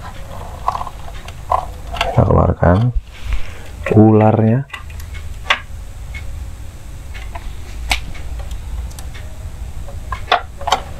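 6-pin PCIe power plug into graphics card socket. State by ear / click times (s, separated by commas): not seated / none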